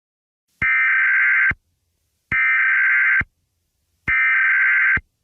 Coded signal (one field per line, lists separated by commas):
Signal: Emergency Alert System (SAME) tones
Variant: header bursts